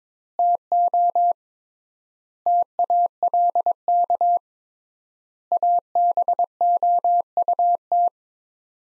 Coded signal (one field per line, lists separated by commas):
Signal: Morse code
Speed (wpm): 22 wpm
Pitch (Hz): 700 Hz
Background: none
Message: TO TALK ABOUT